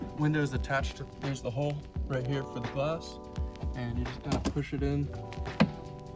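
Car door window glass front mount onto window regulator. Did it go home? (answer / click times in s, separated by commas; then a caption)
yes / 5.6 s. On a BMW G80 M3 car door, the front end of the window glass is pushed into its hole on the window regulator while someone talks over background music. At 5.6 s a short, sharp snap is heard as the front mount engages and locks on.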